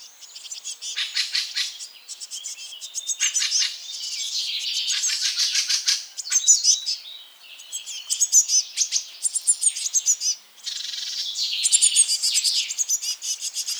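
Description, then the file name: Eurasian blue tit calls: bursts of high, buzzy chattering notes in clusters of a second or two, separated by short pauses. "Cyanistes caeruleus"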